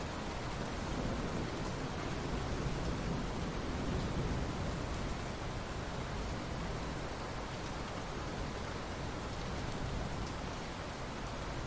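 Rain falls in a steady, dense wash across all twelve seconds, a constant hiss with a fuller low rumble underneath. The level barely changes, swelling slightly around the fourth second, and faint patters and drips flicker through the texture without any distinct thunderclap.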